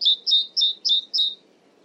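Great tit uttering five quick paired notes, each a high touch sliding into a lower clear whistle, evenly spaced and bright.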